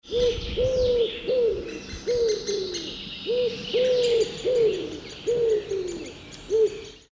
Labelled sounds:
Common Wood Pigeon (Columba palumbus)

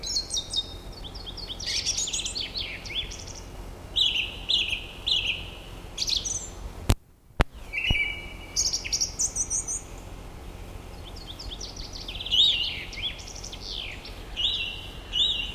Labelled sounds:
Song Thrush (Turdus philomelos) song

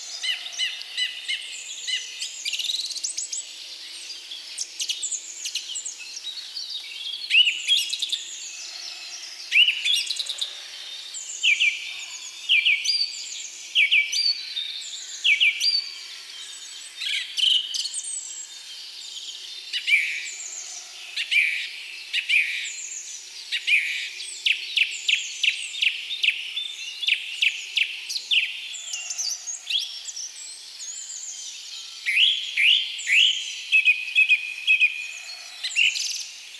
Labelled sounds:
Song Thrush (Turdus philomelos) song

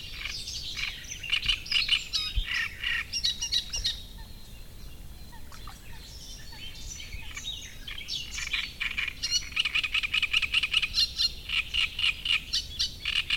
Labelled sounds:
Great Reed Warbler (Acrocephalus arundinaceus)

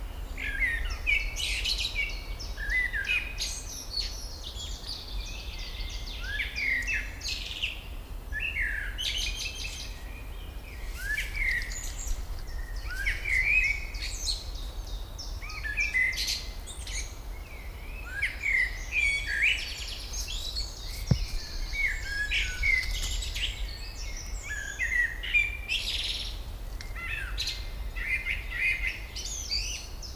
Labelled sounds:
Common Blackbird (Turdus merula) song

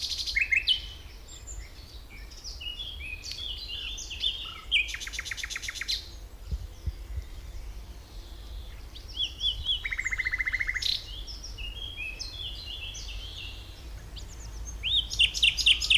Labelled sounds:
Common Nightingale (Luscinia megarhynchos) song

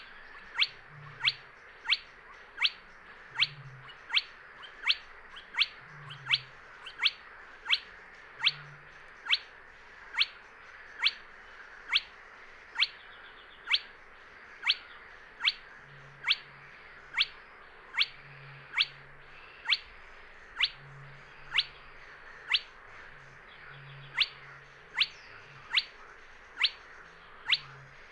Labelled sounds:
Spotted Crake (Porzana porzana)

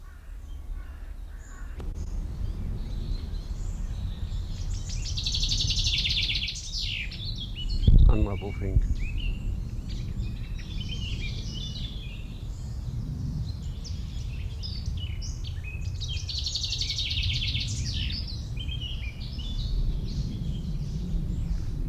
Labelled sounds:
Common Chaffinch (Fringilla coelebs)

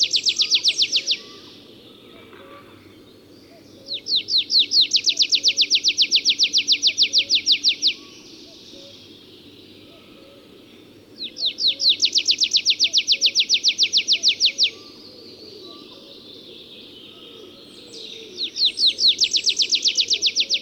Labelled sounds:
Tree Pipit (Anthus trivialis) song

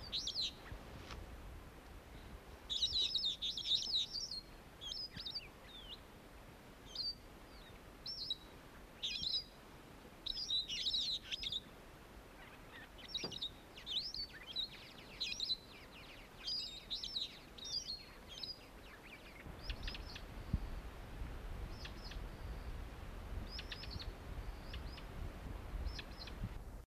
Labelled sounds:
Meyer's Parrot (Poicephalus meyeri) call

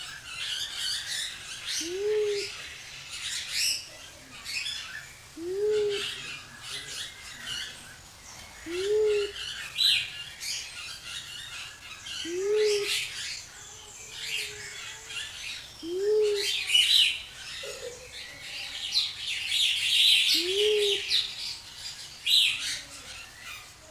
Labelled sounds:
Mindanao Bleeding-heart (Gallicolumba crinigera) call

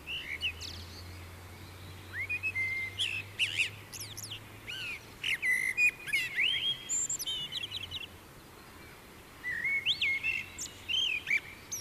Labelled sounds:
Common Blackbird (Turdus merula) song

